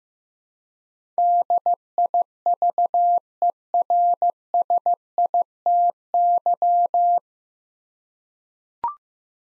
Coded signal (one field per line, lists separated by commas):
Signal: Morse code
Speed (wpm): 15 wpm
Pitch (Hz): 700 Hz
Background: none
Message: DIVERSITY